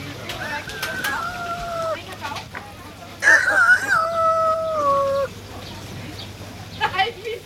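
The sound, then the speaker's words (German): A person imitates a rooster crowing twice, each drawn-out call about two seconds long, starting high and stepping down in pitch; the second crow is louder than the first. “Darf ich mich mit einem geziemenden Kikeriki verabschieden?”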